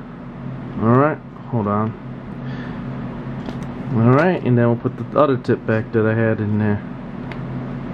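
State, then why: Seated. A KSGER T12 soldering iron tip is pushed back into an FX9501 aluminium alloy metal handle until it passes the contacts, while someone talks. A short, sharp click is heard at 7.3 s as the tip seats, going in smooth and tight.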